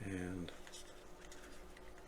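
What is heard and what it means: Someone talks briefly while lining up a three-peg plastic part with three holes on the nacelle of an AH-64 Apache helicopter model from Agora (pack 4, stages 23 to 30), before pressing it into place. Only quiet handling noise follows, with a couple of faint brief sounds near 1.3 and 1.8 seconds. Nothing has seated or clicked yet.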